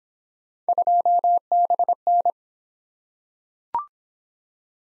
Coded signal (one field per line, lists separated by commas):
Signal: Morse code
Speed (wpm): 21 wpm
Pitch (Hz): 700 Hz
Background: none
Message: 2BN